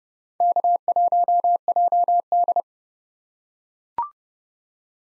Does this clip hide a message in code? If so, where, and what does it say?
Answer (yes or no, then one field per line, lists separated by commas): yes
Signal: Morse code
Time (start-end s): 0.4-2.6 s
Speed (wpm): 31 wpm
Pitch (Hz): 700 Hz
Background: none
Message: K1JD